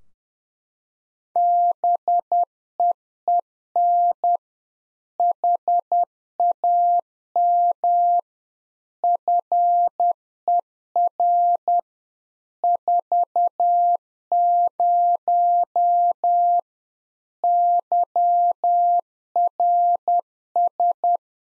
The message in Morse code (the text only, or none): BEEN HAM FER 40 YRS